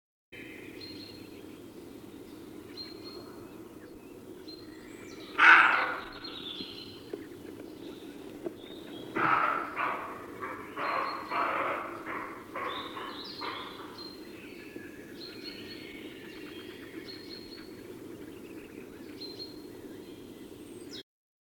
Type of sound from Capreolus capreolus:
call